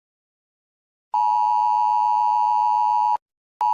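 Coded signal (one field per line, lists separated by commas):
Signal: Emergency Alert System (SAME) tones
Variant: 853 and 960 Hz attention tone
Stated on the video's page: Simulated EAS scenario, a fictional story.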